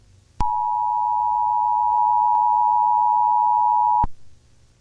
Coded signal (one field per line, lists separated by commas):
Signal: Emergency Alert System (SAME) tones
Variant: 853 and 960 Hz attention tone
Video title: [Anime] Ceres Fauna's Holografitti EAS interruption